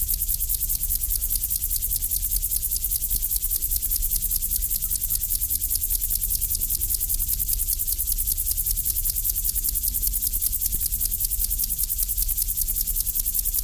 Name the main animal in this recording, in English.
Upland Field Grasshopper